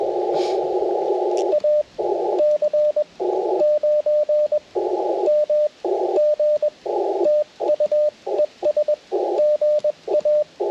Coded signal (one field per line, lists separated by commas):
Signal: Morse code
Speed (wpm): 20 wpm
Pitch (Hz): 590 Hz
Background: radio noise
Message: AC9MG TU ES GA